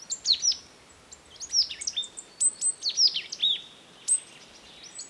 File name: Poecile palustris